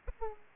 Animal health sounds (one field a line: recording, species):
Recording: mosquito wingbeat signal from an infrared sensor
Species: Aedes aegypti